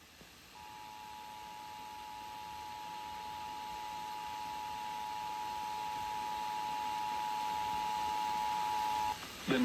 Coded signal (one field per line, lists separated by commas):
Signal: Emergency Alert System (SAME) tones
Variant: 853 and 960 Hz attention tone